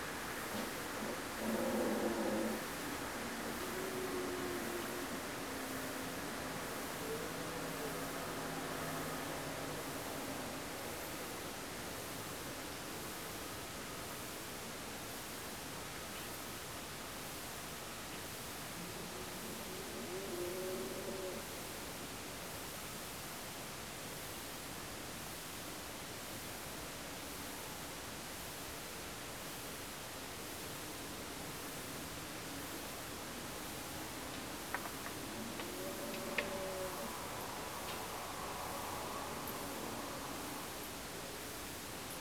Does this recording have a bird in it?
no